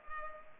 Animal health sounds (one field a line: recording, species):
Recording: mosquito wingbeat signal from an infrared sensor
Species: Culex pipiens